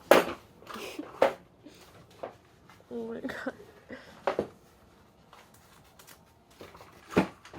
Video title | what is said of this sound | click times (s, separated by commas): ASSEMBLE A PLAYPEN - HOW TO VIDEO | no clicking I think people specifically told me you just pull it out and click | none